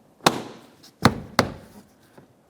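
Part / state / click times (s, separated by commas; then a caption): window switch bezel into door trim panel / seated / 1.4 s. A plastic window switch bezel on a 2006–2011 Honda Civic is pressed down into the door trim panel until its clip latches, then checked to make sure it is secure. Sharp clicks sound at about 0.3 s and 1.1 s, with the latching click at 1.4 s; fainter ticks follow at about 0.8 s and 2.2 s. The bezel is seated in the door panel.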